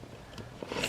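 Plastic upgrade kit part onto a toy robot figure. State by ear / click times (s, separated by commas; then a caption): not seated / none. A plastic upgrade-kit part is pressed onto a transforming toy robot figure, giving faint handling noise with small plastic taps around 0.4, 0.6 and 0.8 seconds. The part tabs in but nothing has clicked firmly into place yet.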